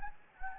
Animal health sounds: mosquito wingbeat signal from an infrared sensor; Anopheles gambiae

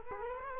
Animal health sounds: mosquito wingbeat signal from an infrared sensor; Culex quinquefasciatus

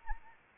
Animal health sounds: mosquito wingbeat signal from an infrared sensor; Anopheles arabiensis

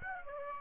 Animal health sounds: mosquito wingbeat signal from an infrared sensor; Aedes aegypti

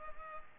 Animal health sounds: mosquito wingbeat signal from an infrared sensor; Culex pipiens

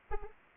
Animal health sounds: mosquito wingbeat signal from an infrared sensor; Anopheles arabiensis

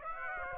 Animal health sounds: mosquito wingbeat signal from an infrared sensor; Aedes aegypti

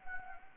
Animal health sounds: mosquito wingbeat signal from an infrared sensor; Anopheles gambiae

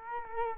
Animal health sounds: mosquito wingbeat signal from an infrared sensor; Culex quinquefasciatus

